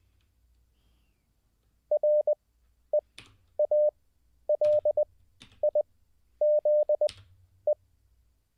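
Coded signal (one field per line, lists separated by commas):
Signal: Morse code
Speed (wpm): 20 wpm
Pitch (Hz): 600 Hz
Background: none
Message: REALIZE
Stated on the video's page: Morse code learning practice, streamed live as a daily session.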